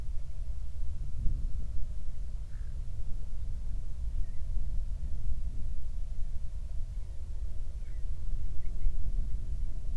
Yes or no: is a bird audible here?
no